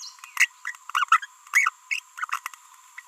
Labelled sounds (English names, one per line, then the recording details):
Green-rumped Parrotlet babbling
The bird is a female
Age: 30 days
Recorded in a nest box in Venezuela
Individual 17B42B1